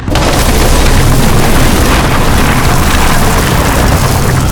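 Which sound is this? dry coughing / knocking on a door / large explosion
large explosion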